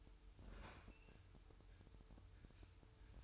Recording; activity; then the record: daily activity, microphone in the room; open fridge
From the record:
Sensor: 2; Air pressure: 988.3 hPa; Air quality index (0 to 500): 193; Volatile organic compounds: 200 ppm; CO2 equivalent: 4211 ppm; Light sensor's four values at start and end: 21/72/28/27 and 21/72/28/27